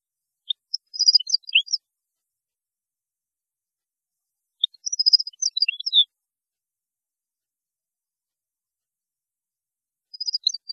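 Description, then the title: European goldfinch song: three short bursts of bright tinkling, twittering notes, separated by pauses of several seconds. "Chant Chardonneret"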